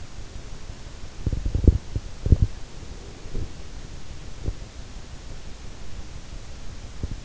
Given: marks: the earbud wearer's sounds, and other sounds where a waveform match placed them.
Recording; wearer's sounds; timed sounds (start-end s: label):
sounds in sleep by an in-ear microphone; teeth grinding, breath
1.23-2.43 s: teeth grinding
2.77-4.35 s: breath